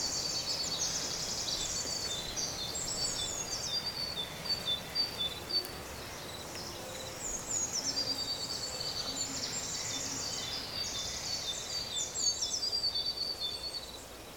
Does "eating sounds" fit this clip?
no